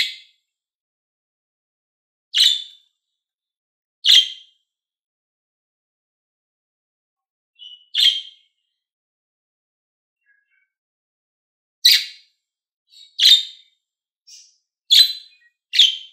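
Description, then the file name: Lovebird calling with piercing high chirps, irregularly spaced, with a long quiet gap midway before several quicker chirps bunch together at the end. Described as a happy lovebird. "Morgh Eshgh Khoshhal"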